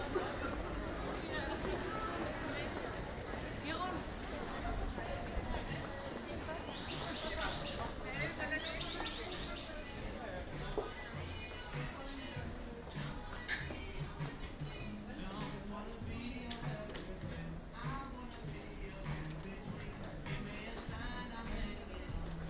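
A walk through the city, with many voices talking all around in a steady crowd babble. Traffic rumbles low underneath, and brief clatters and sharper sounds break through now and then, especially in the middle stretch.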